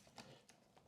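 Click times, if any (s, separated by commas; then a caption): 0.2 s, 0.5 s. The One Connect cable plug, already lined up on the back of a Samsung S95D OLED TV, is given a final shove past the wall-mount brackets into its rear socket. Sharp clicks are heard at 0.2 s and 0.5 s over low background noise. The plug seats fully in its socket.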